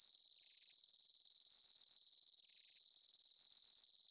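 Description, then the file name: Insects trill in a thick, constant high-pitched chorus, a pair of brief lower swells rising from the even drone. Summer afternoon in a field. "Summer Afternoon In a Field With Insects"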